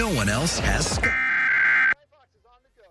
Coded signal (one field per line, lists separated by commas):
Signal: Emergency Alert System (SAME) tones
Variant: header bursts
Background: speech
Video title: Los Angeles Required Monthly Test (EAS #1039-1101) 8/29/23